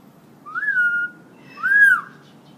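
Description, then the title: Hill myna whistling two clear notes in a row; the first is a level tone and the second swells upward, then drops away. Hill myna in full active song, recorded as a tutor track for training other birds to sing. "Suara Burung Beo Gacor Cocok Untuk Masteran"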